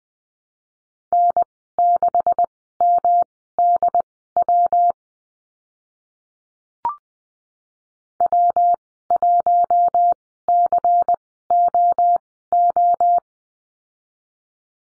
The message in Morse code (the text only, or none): N6MDW W1COO